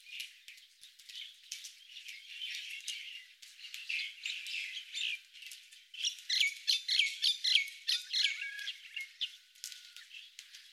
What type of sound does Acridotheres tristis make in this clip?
song